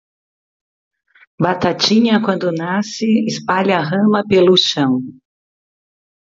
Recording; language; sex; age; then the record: short text; Brazilian Portuguese; female; 50 to 59 years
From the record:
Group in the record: control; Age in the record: 55 years